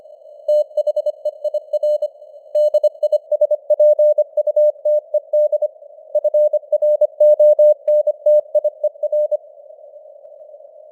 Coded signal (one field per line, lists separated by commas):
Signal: Morse code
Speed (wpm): 25 wpm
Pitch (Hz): 600 Hz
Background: none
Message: THEIR DISPUTED FRONTIER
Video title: Morse Code News | 2025-12-09 | 25wpm